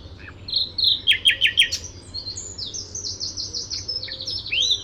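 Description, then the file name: Common nightingale song: a run of loud repeated chirps, then high, rapid, slightly buzzy trilled phrases. "Luscinia megarhynchos"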